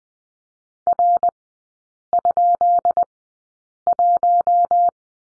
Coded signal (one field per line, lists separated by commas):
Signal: Morse code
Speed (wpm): 20 wpm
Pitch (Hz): 700 Hz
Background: none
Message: R?1